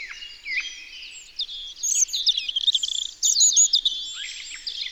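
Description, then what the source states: European robin delivering a rich burst of high, thin, sliding warbles and trills, continuous and lively throughout. Recorded in Isère, France.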